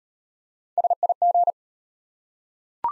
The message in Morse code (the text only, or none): SIG